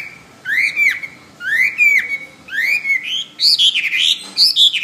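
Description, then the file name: Hwamei whistling three loud arching notes about a second apart, then hurrying into rich warbled phrases at a higher pitch. "omkicau hwamey"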